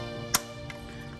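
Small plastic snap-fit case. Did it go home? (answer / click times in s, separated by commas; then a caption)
yes / 0.3 s, 0.7 s. After a battery replacement on a 2020+ RAM 3500 key fob, the plastic fob shell half is squeezed against the fob body and the front end is snapped shut. Two sharp clicks are heard at 0.3 s and 0.7 s, the first much louder, over a steady musical background. The case half is seated and the fob is closed.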